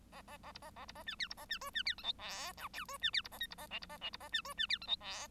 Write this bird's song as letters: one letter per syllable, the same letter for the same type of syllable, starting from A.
A A A B A A B A C D B A C E C D F G H I J E C D B A K B A L B A L B A C E C D F G H